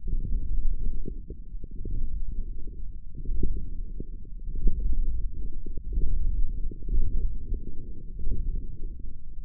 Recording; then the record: forearm muscle sounds (acoustic myography)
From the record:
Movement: radial deviation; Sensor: system 1, eight BSWA MPA416 microphones around the upper forearm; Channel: 5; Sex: male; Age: 18 years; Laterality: right